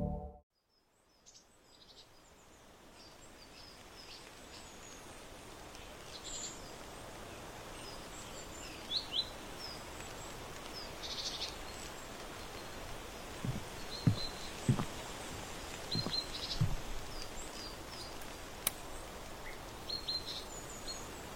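Autumn outdoor ambience from a porch: a steady, soft hiss fills the background after a brief silent start, swelling slightly over the first few seconds. Faint bird chirps come and go, and scattered light knocks and clicks appear from about nine seconds onward.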